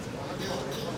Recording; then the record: coughing mixed with background sound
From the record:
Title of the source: November cold (wet coughing)